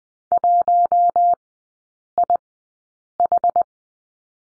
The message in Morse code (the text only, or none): 1 I H